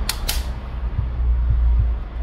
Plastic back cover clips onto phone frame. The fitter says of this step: everything Clicks in place